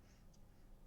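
A plastic Lego element is handled on a bar of a brick-built parade float, about to be pressed down to lock onto a stud. Only a quiet, steady low hum with faint soft rustles is heard. Nothing has seated or clicked yet.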